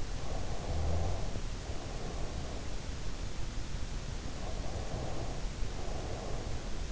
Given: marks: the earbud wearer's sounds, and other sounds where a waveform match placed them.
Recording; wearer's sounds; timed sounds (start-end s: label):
sounds in sleep by an in-ear microphone; breath
0.00-2.76 s: breath
4.26-6.88 s: breath